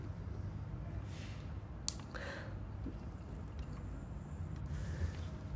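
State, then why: Seated. The female daisy-chain power connector from an aftermarket Sexy Buttons gen 2 button kit for a Tesla is plugged into the car's power harness after the original power cable is unplugged. A single sharp plastic click sounds at 1.9 s over a low steady background hum, and the connector is seated, making the connection.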